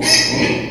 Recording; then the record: squeal of a Yucatan mini pig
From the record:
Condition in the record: before surgery on the right vocal fold (resection and tissue-engineered implant); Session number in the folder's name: 2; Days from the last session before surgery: 0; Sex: male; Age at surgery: 12 weeks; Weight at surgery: 13 kg